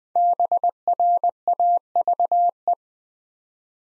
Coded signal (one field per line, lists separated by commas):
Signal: Morse code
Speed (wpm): 20 wpm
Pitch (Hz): 700 Hz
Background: none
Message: BRAVE